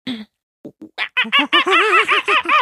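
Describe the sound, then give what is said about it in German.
A person imitates a monkey with a rapid run of high, hooting whoops and chattering yelps, starting with a few short bursts and building into a loud, rhythmic string of rising and falling calls. “Kannst du Geräusche machen wie ein Affe?”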